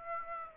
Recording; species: mosquito wingbeat signal from an infrared sensor; Aedes aegypti